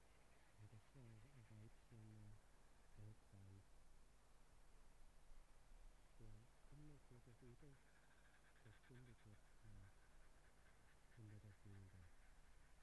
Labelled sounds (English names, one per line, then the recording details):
Arctic Fox
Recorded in the wild
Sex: pair
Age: adult
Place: Insel Mednyi, Kommandeur-Inseln, RU
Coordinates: 54.5167, 168.083
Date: 1999-06-28 15:19
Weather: bedeckt, kein Nebel, 8°C, fast windstill
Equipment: Sony WM-D6C, Sennheiser MKH 70, Windkorb, Kopie Tascam DA 30
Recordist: Frommolt, Karl-Heinz
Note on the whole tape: Südosten der Insel, Schluchten bei Tschaschnyi: Begegnung (Begrüßung) Polarfuchsfähe Weiß/Gelb 33 und Rüde (noch unmarkiert). Sie beginnt mit keckernden Lauten, er fällt ein. Entfernung 15 m